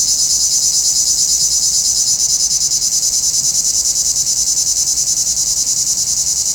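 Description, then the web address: Cicadas in full song, a piercing high buzz beating rapidly and evenly with no pauses. "Nature Sounds – Nature Chill Out 2014. Sounds from a Rnewood Cicadas"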